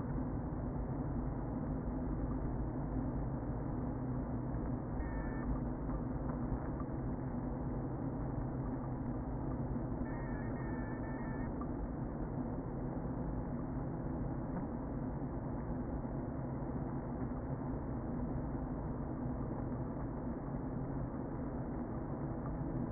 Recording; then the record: honeybee colony, microphone inside the hive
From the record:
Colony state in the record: queen present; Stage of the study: before two queens were removed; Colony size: about 60,000 bees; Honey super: yes